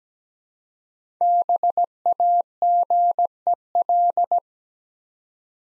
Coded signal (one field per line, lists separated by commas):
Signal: Morse code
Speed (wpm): 17 wpm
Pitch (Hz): 700 Hz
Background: none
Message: BAGEL